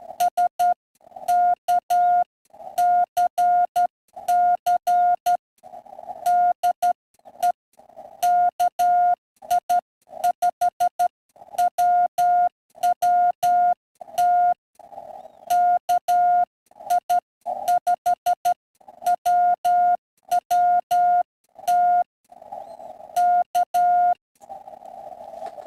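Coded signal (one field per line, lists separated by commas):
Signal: Morse code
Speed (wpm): 12 wpm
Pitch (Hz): 710 Hz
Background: none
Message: SKCC DE KI5WWT KI5WWT K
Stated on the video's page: POTA activation looking for contacts with FDX10, Palomar Bullet 9:1 unun and 29.5 ft end-fed wire, MFJ manual tuner.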